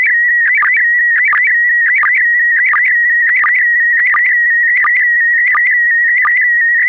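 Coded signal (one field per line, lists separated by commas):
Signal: SSTV (slow-scan television)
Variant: PD90 mode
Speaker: Verder is er morsen en een SSTV-plaatje in PD90. Het laatste is een foto die ik kort voor de uitzending speciaal hiervoor gemaakt heb.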